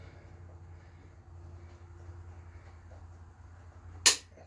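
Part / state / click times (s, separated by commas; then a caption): main bearing cap bolt in engine block, click torque wrench / torque reached / 4.1 s. Someone re-checks a torqued crankshaft main bearing cap bolt in the engine block of a Mercruiser GM 4.3LX V6 using a click torque wrench. A steady low hum runs underneath as the bolt turns slightly before a single sharp click sounds from the wrench at 4.1 s. The bolt was just a hair under torque.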